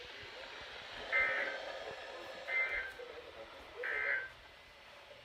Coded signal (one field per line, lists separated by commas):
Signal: Emergency Alert System (SAME) tones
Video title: uhhh tests (12/21/22) (EAS #486 - 488)